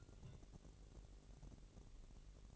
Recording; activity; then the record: daily activity, microphone in the room; take from stove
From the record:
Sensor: 4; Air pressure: 1002.8 hPa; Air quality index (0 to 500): 240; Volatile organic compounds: 10 ppm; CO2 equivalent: 2246 ppm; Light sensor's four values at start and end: 6/14/6/6 and 6/14/6/6